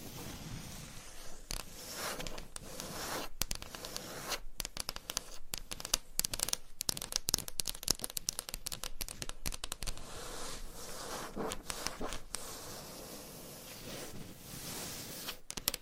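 Dense scratching and tapping continue throughout, with brief gaps and bursts of rapid, crisp strokes, busiest between about four and twelve seconds.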